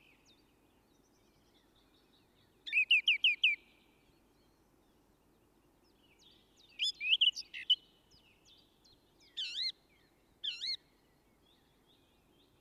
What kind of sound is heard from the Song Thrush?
song